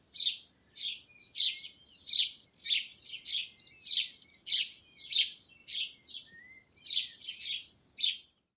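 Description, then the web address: Sparrow chirping, short bright chirps repeated about every half second with faint thin notes between them. "воробей"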